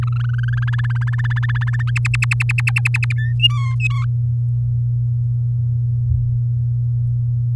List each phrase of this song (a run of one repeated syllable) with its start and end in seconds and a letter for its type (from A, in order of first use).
0.02-0.70 A, 0.73-1.90 B, 1.96-3.13 C, 3.17-3.33 D, 3.40-4.05 E